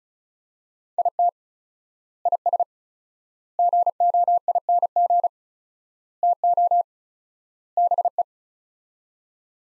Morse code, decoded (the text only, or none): IT IS GOING TO BE